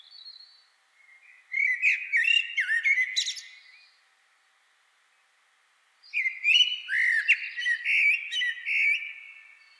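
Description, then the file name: Common blackbird song: two fluty, mellow warbled phrases with squeaky high twittering, separated by about two seconds of silence. "Turdus merula"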